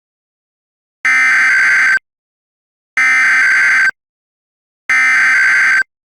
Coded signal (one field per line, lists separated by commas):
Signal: Emergency Alert System (SAME) tones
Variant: header bursts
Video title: rahhh eas test